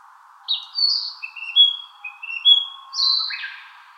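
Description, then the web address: Narcissus flycatcher singing a varied series of clear whistles and short slurred notes, some high and sharp, some lower and drawn out, against a constant low hum. 19 April 2018. "birdenaga kibitaki"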